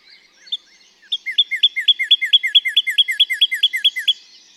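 Northern Cardinal song: a fast, even series of many short slurred whistles, each dropping from mid to lower pitch.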